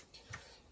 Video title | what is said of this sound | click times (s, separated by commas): DATOU PURE SINE WAVE INVERTER UNBOXING AND REVIEW | These little plastic things go through the hole there, just kind of click into place. | 0.3 s